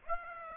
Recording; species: mosquito wingbeat signal from an infrared sensor; Aedes aegypti